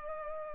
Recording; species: mosquito wingbeat signal from an infrared sensor; Culex pipiens